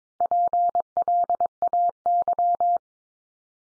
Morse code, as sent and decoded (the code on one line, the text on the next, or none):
.--. .-.. .- -.--
PLAY